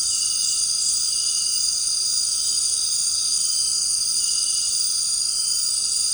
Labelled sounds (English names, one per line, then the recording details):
none
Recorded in dense forest near Puerto Asís, Putumayo, Colombia, on 8 March 2025 at 18:30
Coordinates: 0.467, -76.328
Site G041